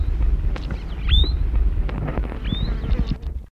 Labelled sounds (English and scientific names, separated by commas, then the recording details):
Sooty Chat (Myrmecocichla nigra)
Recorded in the wild
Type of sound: call during take-off
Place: Südwestafrika
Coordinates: -23, 17
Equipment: Halbspur, 9,5 cm/s
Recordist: Lütgens, Hans
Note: Abflug